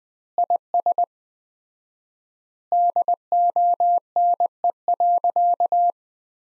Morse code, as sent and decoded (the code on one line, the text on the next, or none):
.. ... / -.. --- -. . .-.-.-
IS DONE.